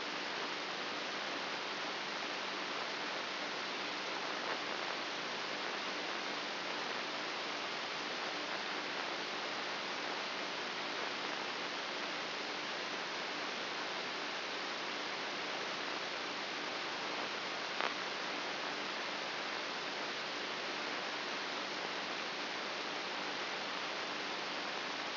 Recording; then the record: brain microelectrode recording played as sound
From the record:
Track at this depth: inside the subthalamic nucleus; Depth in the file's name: 3.64 mm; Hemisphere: right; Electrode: 2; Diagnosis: Parkinson's disease